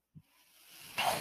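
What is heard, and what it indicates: A soft thump, then a rising airy hiss swelling into a louder whoosh: a home mechanical ventilator delivering a breath.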